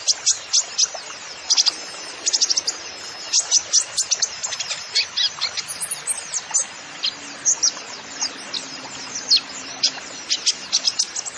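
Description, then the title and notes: Van Hasselt's sunbird pouring out rapid, very high chirps and sharp slurred notes in long, busy phrases. Masteran recording for training songbirds, suited as pancingan to get other birds singing; the bird is described as gacor, singing actively, with full fills (isian) and shots (tembakan). "MASTERAN KOLIBRI NINJA FULL ISIAN DAN TEMBAKAN COCOK BUAT PANCINGAN. Suara Burung Kolibri Ninja Gacor"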